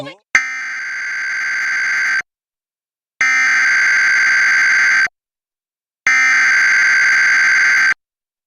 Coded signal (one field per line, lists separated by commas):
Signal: Emergency Alert System (SAME) tones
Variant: header bursts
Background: speech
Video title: Flash Flood Warning EAS #4 on NJ PBS (8/3/26 - Failed)